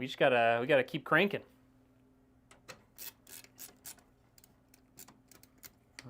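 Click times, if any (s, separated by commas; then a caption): none. Someone talks briefly, then a case panel screw is driven into a PC case while closing it up, giving faint, intermittent grinding and rasping scrapes instead of threading in cleanly. Nothing seats or clicks into place, and the screw has gone in cross-threaded.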